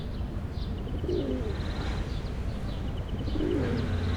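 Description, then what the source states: Pigeon cooing, two soft low coos a couple of seconds apart, over low traffic rumble with small birds chirping high above. Pigeons in a refuge triangle formed by three cedars, Place Georges Clemenceau, Aix-les-Bains, France, with passing vehicles.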